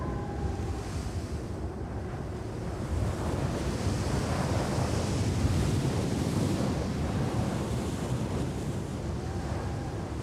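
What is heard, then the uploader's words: Calm desert wind blows as a steady, dense low rush, swelling gently between three and seven seconds before easing slightly again. Desert and Calm Wind.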